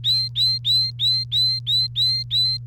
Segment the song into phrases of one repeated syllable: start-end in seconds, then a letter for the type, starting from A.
0.00-2.57 A